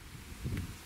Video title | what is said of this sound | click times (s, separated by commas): Как связать на рыбалке поводок для ловли щуки из толстого флюра | это узел для Толстого флюорокарбона а теперь тянем и будет щелчок всё | 0.6 s